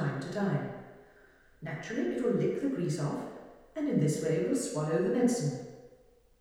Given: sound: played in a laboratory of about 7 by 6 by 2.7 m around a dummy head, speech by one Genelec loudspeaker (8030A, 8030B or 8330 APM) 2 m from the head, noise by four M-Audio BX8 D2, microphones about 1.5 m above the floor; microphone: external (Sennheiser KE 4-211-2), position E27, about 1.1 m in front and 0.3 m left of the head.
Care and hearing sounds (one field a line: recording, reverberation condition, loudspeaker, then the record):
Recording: female speech in English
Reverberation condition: high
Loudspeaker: 90 degrees to the left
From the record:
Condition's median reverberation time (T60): about 1300 ms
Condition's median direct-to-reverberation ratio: about -4.0 dB